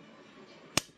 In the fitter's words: so nag-click na then tamang higpit na yung tambutso rito okay so